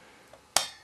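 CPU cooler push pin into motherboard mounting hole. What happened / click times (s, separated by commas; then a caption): The plastic push pin gave only its first click, not the final locking one / 0.6 s. A plastic push pin of a stock Core i7 CPU cooler is pressed into a motherboard mounting hole, giving a single sharp click at 0.6 s after a faint tick around 0.3 s. It is only the first, initial click rather than the high-pitched locking click, so the pin is rejected as not properly locked.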